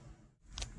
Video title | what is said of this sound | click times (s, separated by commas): Windshield install....1962 Comet gets a windshield. | Okay, well, it just popped into place. | 0.6 s